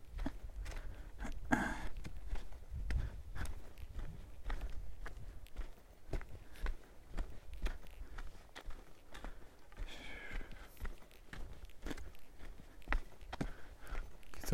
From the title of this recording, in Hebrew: טיול יומי ביער